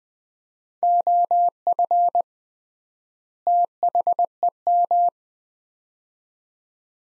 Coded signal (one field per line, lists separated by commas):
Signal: Morse code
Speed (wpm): 20 wpm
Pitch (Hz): 700 Hz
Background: none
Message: OF THEM